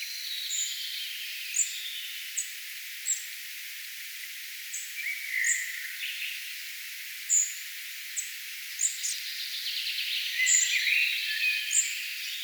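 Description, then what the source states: Spotted flycatcher singing: short, thin, high-pitched notes repeated at uneven gaps, with a few lower chirps and constant soft hiss. Singing bird, recorded 4 June 2025.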